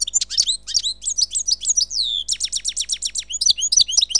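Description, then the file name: Bird song, a fast sequence of high chirps and a long slurred whistle, then quick repeated downward notes. "Seyreh - Bird Sound"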